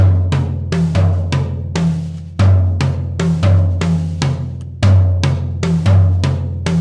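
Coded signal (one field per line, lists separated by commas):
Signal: none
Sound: drum set hits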